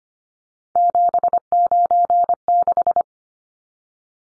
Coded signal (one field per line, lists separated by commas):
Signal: Morse code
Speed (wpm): 25 wpm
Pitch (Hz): 700 Hz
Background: none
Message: 796